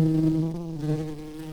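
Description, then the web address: Red-tailed bumblebee buzzing: a steady, low droning hum with a rich stack of overtones, wavering slightly in pitch and easing a little in loudness throughout. Queens. "Lapidarius queens"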